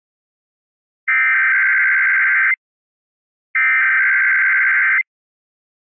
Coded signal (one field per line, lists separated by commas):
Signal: Emergency Alert System (SAME) tones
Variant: header bursts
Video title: EAS- Fresno/ San Joaquin Valley RMT On KMJ AM